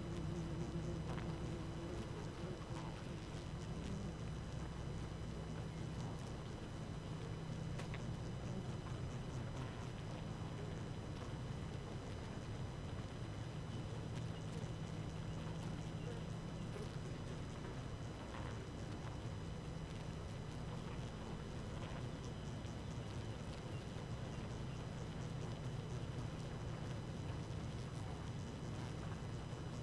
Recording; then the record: honeybee colony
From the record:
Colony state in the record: active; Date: 12 June 2018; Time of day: 4:04